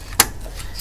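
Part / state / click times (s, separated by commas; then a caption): RAM DIMM into motherboard memory slot / seated / 0.2 s. A RAM DIMM is pressed into a memory slot on an HP Z220 workstation motherboard. At 0.2 s the slot's latch clip gives a single sharp, bright click over a quiet background. The click shows the module is fully seated.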